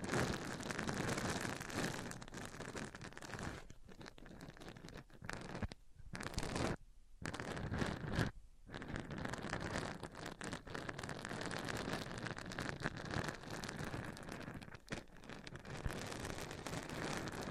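A microphone is rubbed against surfaces, making a dense, rough scraping and rumbling that fills nearly all 18 seconds. The friction comes in uneven strokes and bursts with a deep thump underneath. Brief near-silent gaps break it around 4, 6–7 and 8.5 seconds.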